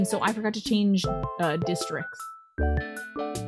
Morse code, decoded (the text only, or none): none